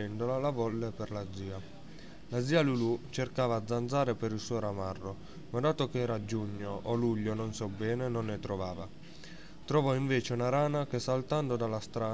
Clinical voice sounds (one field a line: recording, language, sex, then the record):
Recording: read passage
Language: Italian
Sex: male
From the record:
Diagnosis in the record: healthy control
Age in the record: 19 years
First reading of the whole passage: 55 s, 9.5 characters per second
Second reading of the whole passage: 47 s, 11.1 characters per second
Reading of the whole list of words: 45 s, 6.2 characters per second